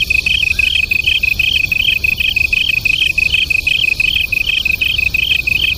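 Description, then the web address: Japanese tree cricket pair singing in alternation, short high trilled pulses from two slightly different pitches, regular and unbroken throughout. Local name kantan; two crickets singing as a duet. "sikioto insect kantanduet"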